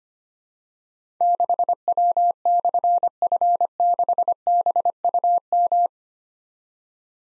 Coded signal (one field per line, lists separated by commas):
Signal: Morse code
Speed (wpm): 25 wpm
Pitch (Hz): 700 Hz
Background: none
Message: 6W/F6BUM